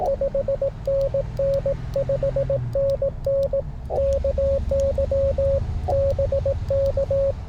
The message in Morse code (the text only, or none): 5NN 5NN KY BK